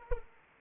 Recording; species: mosquito wingbeat signal from an infrared sensor; Anopheles arabiensis